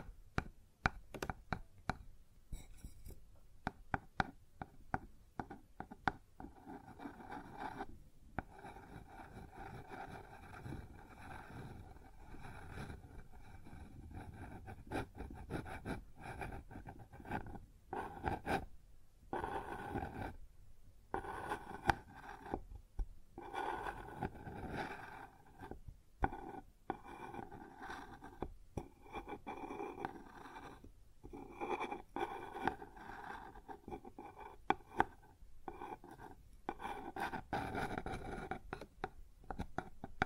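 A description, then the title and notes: Continuous scraping and rubbing on a wooden surface, rough and midrange, broken by frequent brief pauses and irregular sharper knocks throughout. ASMR Sounds on Wooden Surface (No Talking).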